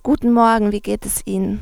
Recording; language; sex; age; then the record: spoken sentence; German; female; 20 to 29 years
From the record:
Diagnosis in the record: healthy voice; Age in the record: 21 years